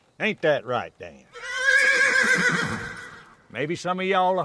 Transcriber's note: soundbite of horse neighing